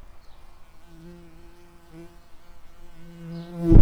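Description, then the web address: Common carder bee worker buzzing, a steady low hum that grows louder at the very end with a sudden harsh crackle. Worker bumblebees. "bumblebees Pascuorum-workers"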